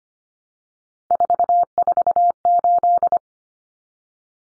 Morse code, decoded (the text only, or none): 448